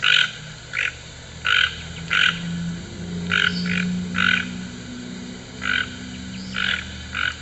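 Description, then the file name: Toucan uttering rough croaking notes, paired and single, at an uneven rhythm, with a continuous low-pitched hum in the background. "Canto do Tucano"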